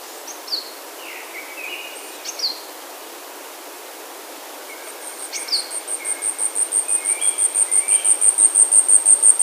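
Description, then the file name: Asian stubtail song starts halfway through as faint, high, sibilant ticks that swell into a loud, rapid pulsed series; several other birds call with short falling notes beforehand. "yabu"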